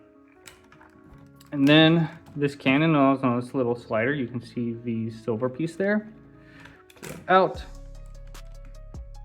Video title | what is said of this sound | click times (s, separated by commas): FansToys Berserk (Blitzwing) | Oh, it clicked into place. | 8.3 s